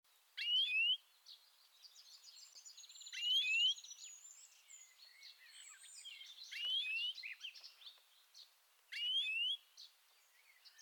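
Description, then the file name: European greenfinch twittering, with loud bursts of rising notes about every three seconds amid continuous twittering. "Chloris chloris"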